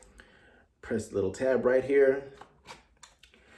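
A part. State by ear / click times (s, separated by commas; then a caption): released / 3.0 s. Someone talks while pressing the release tab on the outer buckle of a Kore battle belt. The buckle comes undone with a click at 3.0 s, followed by a few light clicks.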